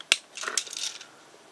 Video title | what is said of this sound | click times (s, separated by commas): 豪宅玩具~3125~TOMICA英雄系列JOBRAVER特裝作業勇者 JB09 三菱引越搬家服務卡車 | 双手的拳头跟这边原本的脚掌的这边的插销做连接，扣上去，这样就组装完成了。 | 0.1 s